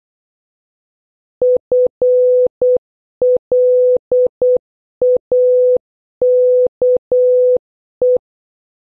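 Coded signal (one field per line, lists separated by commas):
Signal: Morse code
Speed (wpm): 8 wpm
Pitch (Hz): 500 Hz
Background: none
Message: FLAKE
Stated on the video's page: Morse code word practice using letters A to N, starting slow and gradually increasing in speed.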